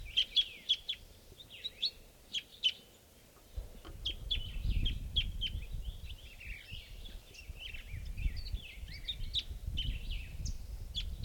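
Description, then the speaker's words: Crossbill calls: sharp, high chips given in quick irregular bursts over a low rumbling background. Calling a lot from the treetops at 7:54. "So we're calling at 7:54 now, and there's a bird crossbill calling a lot from the treetops here."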